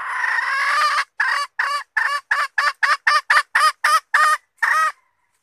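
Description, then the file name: Red junglefowl hen giving a long harsh, raspy call followed by a steady run of short, hoarse cackling notes with silence between them. Female (hen) calling to find a mate. "tieng ga rung mai keu tim kiem ban tinh"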